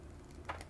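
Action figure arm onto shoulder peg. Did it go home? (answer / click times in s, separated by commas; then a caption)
yes / 0.6 s. A replacement plastic arm is pushed onto the shoulder peg of a DC Icons Green Lantern Hal Jordan action figure. It gives a short, sharp click at 0.6 s as the arm pops on and seats on the peg.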